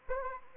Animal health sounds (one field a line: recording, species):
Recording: mosquito wingbeat signal from an infrared sensor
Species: Anopheles arabiensis